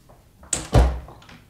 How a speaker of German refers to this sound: Da ging die Türe auf und herein trat Frau Agnes, Dürers Weib.